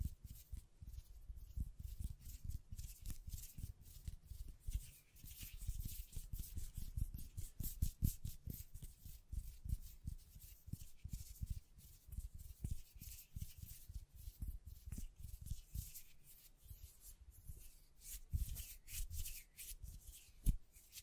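Continuous scratching and brushing against a microphone, with dense, rapid strokes running for the whole 21 seconds. Each stroke gives a soft low thump and a bright hiss, at an irregular, busy pace with occasional stronger taps.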